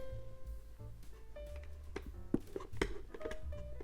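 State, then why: Not seated. An insert or piece is handled and pressed toward a trinket box lid after items have been placed in the lid area, producing several short, sharp knocks between about 2.0 and 3.1 seconds over steady background music. The clip ends before the part goes home; nothing has seated or clicked yet.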